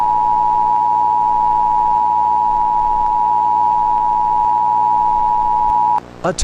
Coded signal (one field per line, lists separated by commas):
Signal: Emergency Alert System (SAME) tones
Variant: 853 and 960 Hz attention tone